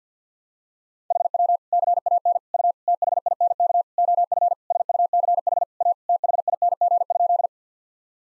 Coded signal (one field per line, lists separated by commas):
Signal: Morse code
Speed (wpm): 50 wpm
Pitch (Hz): 700 Hz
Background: none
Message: HW CAN U THINK OF SUCH A THING?